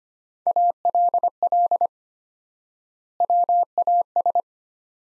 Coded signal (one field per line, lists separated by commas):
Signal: Morse code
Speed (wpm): 25 wpm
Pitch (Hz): 700 Hz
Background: none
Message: ALL WAS